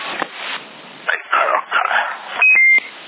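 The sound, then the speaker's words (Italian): A few seconds of whimpering, yelping sounds, then a loud, steady electronic beep near the end that steps from a higher tone down to a slightly lower one. “Avanti il bip.”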